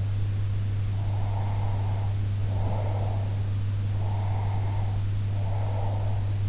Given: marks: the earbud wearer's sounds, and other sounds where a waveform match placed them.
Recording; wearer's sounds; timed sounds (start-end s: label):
sounds in sleep by an in-ear microphone; breath
0.90-3.33 s: breath
3.96-6.39 s: breath